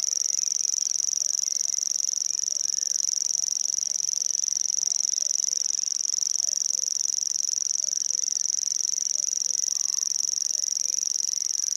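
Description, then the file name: Common grasshopper warbler reeling: a high, unbroken insect-like trill held at one steady pitch throughout. Near water. "Feldschwirl"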